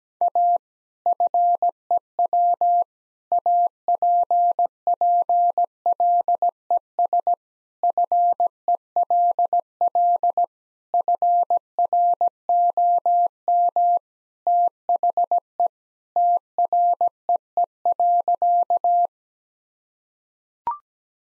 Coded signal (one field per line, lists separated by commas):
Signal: Morse code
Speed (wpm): 17 wpm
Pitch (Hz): 700 Hz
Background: none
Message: A FEW APPLES FELL FROM THE TREE.